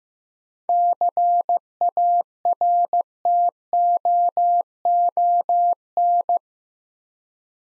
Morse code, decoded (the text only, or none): CARTOON